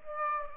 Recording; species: mosquito wingbeat signal from an infrared sensor; Aedes aegypti